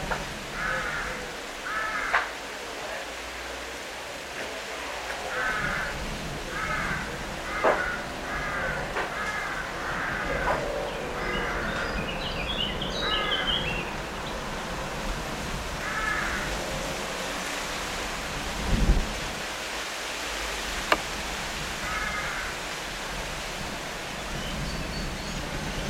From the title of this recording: Field Recording - My Backyard - late afternoon